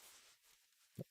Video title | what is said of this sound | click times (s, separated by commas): Can't Extend Govee LED light strip H6144 | the tape measure here locks into place which is nice | 1.0 s